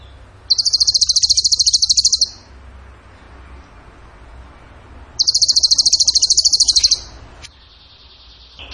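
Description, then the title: Songbird giving two steady, very rapid high trills, each nearly two seconds long, separated by a quiet gap, then faint notes at the end. Song in the tembakan gacor style, used as masteran training for songbirds. "Masteran Burung Tembakan Gacor"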